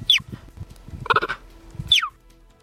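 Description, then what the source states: Cheetah chirping: two high, sharp chirps that slide steeply downward, with a harsher, lower call between them. Played in a quiz; cheetahs chirp and cannot growl.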